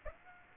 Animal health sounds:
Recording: mosquito wingbeat signal from an infrared sensor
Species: Aedes aegypti

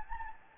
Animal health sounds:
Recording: mosquito wingbeat signal from an infrared sensor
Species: Anopheles gambiae

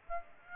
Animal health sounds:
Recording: mosquito wingbeat signal from an infrared sensor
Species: Aedes aegypti

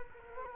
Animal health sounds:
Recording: mosquito wingbeat signal from an infrared sensor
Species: Culex quinquefasciatus

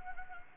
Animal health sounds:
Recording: mosquito wingbeat signal from an infrared sensor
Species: Anopheles gambiae

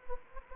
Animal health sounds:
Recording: mosquito wingbeat signal from an infrared sensor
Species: Anopheles gambiae

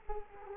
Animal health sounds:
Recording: mosquito wingbeat signal from an infrared sensor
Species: Culex quinquefasciatus

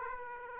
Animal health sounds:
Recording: mosquito wingbeat signal from an infrared sensor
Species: Aedes aegypti

